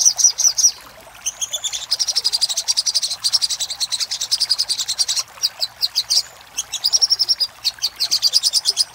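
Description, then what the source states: Little spiderhunter: buzzy high trills alternating with rapid chip runs, separated by brief silent gaps. Master recording for training cage birds; Indonesian name sogok ontong, labelled labaik.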